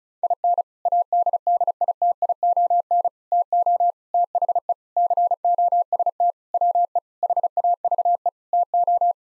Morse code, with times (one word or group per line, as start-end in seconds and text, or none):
0.2-0.6 IN
0.9-3.1 ADDITION
3.3-3.9 TO
4.1-4.7 THE
5.0-6.3 COST
6.5-7.0 WE
7.2-8.3 HAVE
8.5-9.1 TO